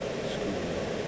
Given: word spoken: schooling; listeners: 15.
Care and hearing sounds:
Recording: one English word in noise, from a listening test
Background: speech-shaped noise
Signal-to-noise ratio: -6.2 dB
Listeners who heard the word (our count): 0 of 15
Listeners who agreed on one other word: 10 of 15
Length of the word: 0.68 s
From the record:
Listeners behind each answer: 10, 3, 1, 1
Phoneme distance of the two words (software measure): 14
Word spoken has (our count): 2 syllables, 6 phonemes, stress on syllable 1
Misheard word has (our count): 1 syllable, 4 phonemes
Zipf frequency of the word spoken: 3.26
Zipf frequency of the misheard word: 5.45

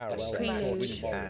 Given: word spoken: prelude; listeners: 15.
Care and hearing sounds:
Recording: one English word in noise, from a listening test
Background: four-talker babble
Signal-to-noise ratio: -0.7 dB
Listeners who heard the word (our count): 1 of 15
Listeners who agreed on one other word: 7 of 15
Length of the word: 0.90 s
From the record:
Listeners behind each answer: 7, 3, 2, 1, 1, 1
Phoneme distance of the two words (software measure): 41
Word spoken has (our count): 2 syllables, 7 phonemes, stress on syllable 1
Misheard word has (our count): 1 syllable, 4 phonemes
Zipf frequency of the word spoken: 2.86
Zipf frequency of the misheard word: 5.32

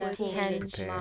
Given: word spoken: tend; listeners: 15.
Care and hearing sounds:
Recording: one English word in noise, from a listening test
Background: four-talker babble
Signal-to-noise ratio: -0.2 dB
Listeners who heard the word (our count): 0 of 15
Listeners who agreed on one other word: 6 of 15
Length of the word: 0.61 s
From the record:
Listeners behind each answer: 6, 3, 1, 1, 1, 1, 1, 1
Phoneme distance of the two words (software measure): 21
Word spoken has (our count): 1 syllable, 4 phonemes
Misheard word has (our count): 2 syllables, 7 phonemes, stress on syllable 2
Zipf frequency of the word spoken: 4.54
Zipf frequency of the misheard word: 4.38

